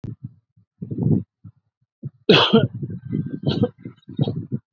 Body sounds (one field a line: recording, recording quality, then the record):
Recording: heavy voluntary cough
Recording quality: excellent, no background noise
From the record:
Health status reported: exposed to COVID-19, no respiratory illness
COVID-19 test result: negative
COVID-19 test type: RT-PCR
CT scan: not taken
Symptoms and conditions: cough, fatigue, muscle pain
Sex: female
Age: 27 years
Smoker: no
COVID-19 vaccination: both doses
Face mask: worn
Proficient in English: yes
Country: India